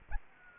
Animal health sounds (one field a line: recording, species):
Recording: mosquito wingbeat signal from an infrared sensor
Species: Anopheles gambiae